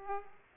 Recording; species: mosquito wingbeat signal from an infrared sensor; Aedes aegypti